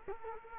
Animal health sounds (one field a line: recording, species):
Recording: mosquito wingbeat signal from an infrared sensor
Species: Culex quinquefasciatus